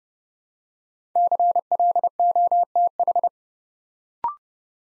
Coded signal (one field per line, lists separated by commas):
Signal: Morse code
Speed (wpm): 30 wpm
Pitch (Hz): 700 Hz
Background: none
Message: CLOTH